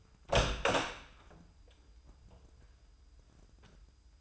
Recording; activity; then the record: daily activity, microphone in the room; open door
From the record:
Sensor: 2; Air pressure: 996.0 hPa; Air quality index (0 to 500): 45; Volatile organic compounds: 1 ppm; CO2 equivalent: 841 ppm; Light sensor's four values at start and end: 11/27/11/12 and 12/27/12/12